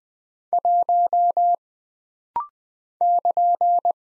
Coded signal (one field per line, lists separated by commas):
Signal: Morse code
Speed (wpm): 20 wpm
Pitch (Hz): 700 Hz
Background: none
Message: 1 <KN>